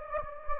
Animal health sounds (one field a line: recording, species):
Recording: mosquito wingbeat signal from an infrared sensor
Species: Anopheles gambiae